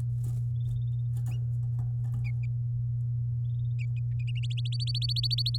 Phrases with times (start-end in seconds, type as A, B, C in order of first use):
4.43-5.57 A